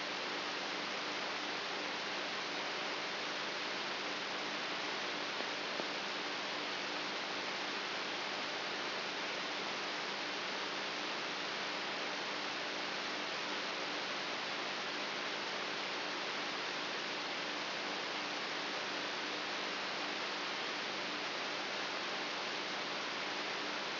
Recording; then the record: brain microelectrode recording played as sound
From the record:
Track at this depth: inside the subthalamic nucleus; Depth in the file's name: 4.64 mm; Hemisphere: right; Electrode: 3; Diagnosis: Parkinson's disease